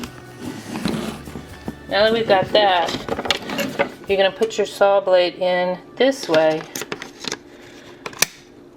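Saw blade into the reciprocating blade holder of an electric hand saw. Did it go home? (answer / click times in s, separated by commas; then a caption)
yes / 8.2 s. Someone talks while a steel saw blade's tang is pushed into the reciprocating blade holder of a Black & Decker PHS550 electric hand saw. A sharp click at 8.2 s marks the blade seating in the blade clamp.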